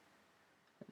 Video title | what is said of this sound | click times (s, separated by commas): How To - Replace Citroen C1 Rear Bumper bracket | we can now push the bump up into the bracket clicks | 0.8 s